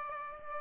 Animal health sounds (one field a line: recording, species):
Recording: mosquito wingbeat signal from an infrared sensor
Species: Aedes aegypti